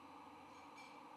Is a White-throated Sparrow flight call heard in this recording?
no